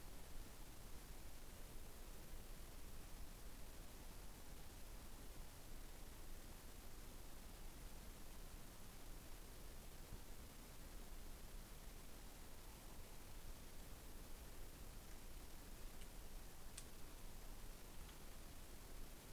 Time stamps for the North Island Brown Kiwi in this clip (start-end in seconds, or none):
none